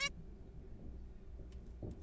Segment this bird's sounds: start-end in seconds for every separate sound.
0.01-0.09